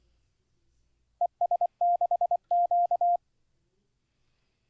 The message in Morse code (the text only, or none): ES6Q